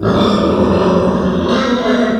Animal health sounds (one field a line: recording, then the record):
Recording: squeal of a Yucatan mini pig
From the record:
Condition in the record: after surgery on the right vocal fold (resection and tissue-engineered implant)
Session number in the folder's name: 16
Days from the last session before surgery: 183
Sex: female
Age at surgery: 19 weeks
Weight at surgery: 25 kg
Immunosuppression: prednisolone